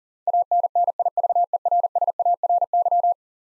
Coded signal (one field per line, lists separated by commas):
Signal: Morse code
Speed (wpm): 40 wpm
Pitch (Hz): 700 Hz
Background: none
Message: ANNIVERSARY